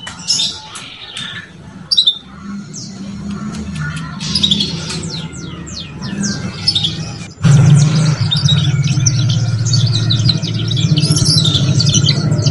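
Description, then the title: Canary song: bursts of high chirps and short trills with pauses, then a louder, denser stretch of twittering in the second half, over a low hum. Canary song used to warm up Belgian canaries and stimulate young canaries to start singing quickly and chatter. "Canto Para Esquentar Canário Belga. SUARA KENARI PAUD CUIT CUIT BELAJAR BUNYI - pancingan kenari paud muda agar cepat bunyi dan ngeriwik"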